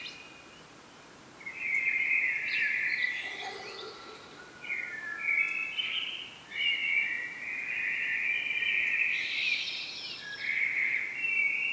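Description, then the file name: Common blackbird singing low fluted phrases that slide and warble, several ending in a higher squeaky twitter, with short pauses between phrases and a steady hiss behind. "Turdus merula"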